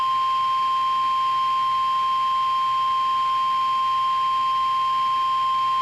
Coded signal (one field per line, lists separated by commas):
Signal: Emergency Alert System (SAME) tones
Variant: 1050 Hz attention tone